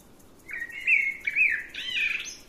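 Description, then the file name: Eurasian blackbird singing a short melodious phrase of mellow whistles, a sustained fluted note followed by warbling twists and a thin high ending. "Turdus merula"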